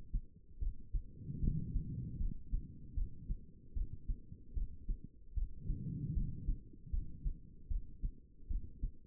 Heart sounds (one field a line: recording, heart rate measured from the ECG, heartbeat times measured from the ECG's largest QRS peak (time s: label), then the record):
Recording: heart sounds by stethoscope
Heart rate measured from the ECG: 76 bpm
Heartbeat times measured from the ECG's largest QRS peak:
0.60 s: heartbeat
1.41 s: heartbeat
2.18 s: heartbeat
2.95 s: heartbeat
3.74 s: heartbeat
4.55 s: heartbeat
5.35 s: heartbeat
6.14 s: heartbeat
6.91 s: heartbeat
7.69 s: heartbeat
8.48 s: heartbeat
From the record:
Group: healthy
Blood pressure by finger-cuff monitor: 121/83 mmHg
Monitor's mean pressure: 97 mmHg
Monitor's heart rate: 76 bpm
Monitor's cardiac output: 4.7 L/min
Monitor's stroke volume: 62 mL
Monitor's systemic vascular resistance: 1540 dyn s/cm5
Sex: female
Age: 51 years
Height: 162 cm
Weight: 70.04 kg